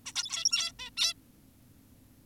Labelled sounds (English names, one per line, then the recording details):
Zebra Finch
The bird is an adult
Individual g17y2U